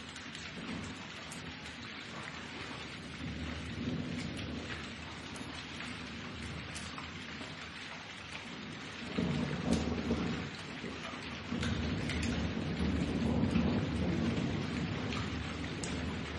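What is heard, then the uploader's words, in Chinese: Outdoor thunderstorm with steady, dense rain hissing and pattering throughout, scattered sharper drops ticking. Low rumbles of thunder swell, with a louder roll starting around nine seconds and another building from about twelve seconds to the end. 屋外雷雨。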